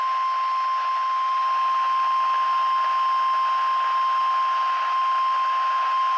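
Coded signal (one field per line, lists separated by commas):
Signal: Emergency Alert System (SAME) tones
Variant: 1050 Hz attention tone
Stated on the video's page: Required Weekly Test received on a La Crosse S83301 weather radio.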